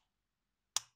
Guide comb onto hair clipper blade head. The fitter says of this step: When you snap on the combs you will hear a click sound.